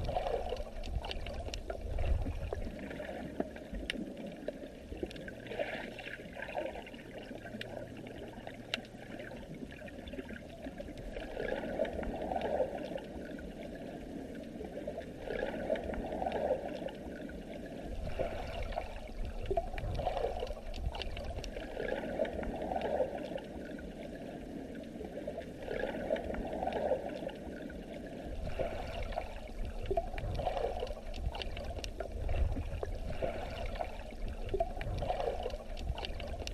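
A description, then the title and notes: Swimming underwater, heard from beneath the surface as a dense, muffled wash of low rumbling and bubbling. The sound swells and recedes in slow waves through the whole stretch, with faint trickling and occasional brief knocks rising over the steady murky churn. Swimming Underwater.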